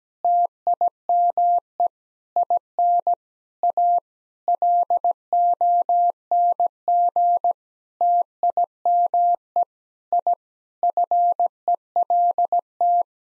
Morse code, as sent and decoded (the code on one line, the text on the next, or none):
- .. -- . / .. -. / .- / .-.. --- -. --. / - .. -- . / .. / ..-. . .-.. -
TIME IN A LONG TIME I FELT